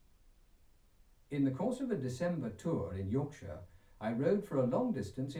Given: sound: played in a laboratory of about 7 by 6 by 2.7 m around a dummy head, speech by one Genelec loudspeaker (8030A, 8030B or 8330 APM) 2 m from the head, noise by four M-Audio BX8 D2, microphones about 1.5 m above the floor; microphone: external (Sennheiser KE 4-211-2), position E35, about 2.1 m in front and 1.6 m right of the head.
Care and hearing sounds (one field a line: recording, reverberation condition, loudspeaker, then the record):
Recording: male speech in English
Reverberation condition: low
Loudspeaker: 150 degrees to the right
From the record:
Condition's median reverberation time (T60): about 310 ms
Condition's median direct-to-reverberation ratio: about 3.5 dB